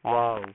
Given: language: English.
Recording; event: throat vibration sensor signal played as sound; speech